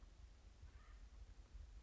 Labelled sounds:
Acorn Woodpecker
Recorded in Sonoma County, California

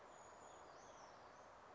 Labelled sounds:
Brown Creeper
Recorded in Sonoma County, California

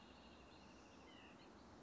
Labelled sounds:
White-breasted Nuthatch
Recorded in Sonoma County, California

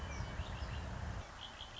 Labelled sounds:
Red-winged Blackbird
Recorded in Sonoma County, California

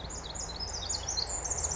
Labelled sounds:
Pacific Wren
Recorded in Sonoma County, California

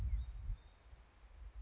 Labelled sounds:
Bewick's Wren
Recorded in Sonoma County, California

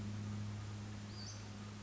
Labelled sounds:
Western Flycatcher
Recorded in Sonoma County, California

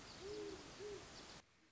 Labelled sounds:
Great Horned Owl
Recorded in Sonoma County, California

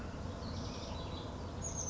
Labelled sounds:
Oak Titmouse
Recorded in Sonoma County, California

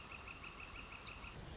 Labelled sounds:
Northern Flicker
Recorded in Sonoma County, California

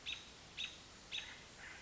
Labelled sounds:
American Robin
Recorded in Sonoma County, California

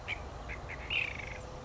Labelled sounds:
Ash-throated Flycatcher
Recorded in Sonoma County, California

